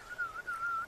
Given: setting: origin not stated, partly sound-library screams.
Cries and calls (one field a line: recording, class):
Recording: one-second piece from a danger detection set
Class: normal situation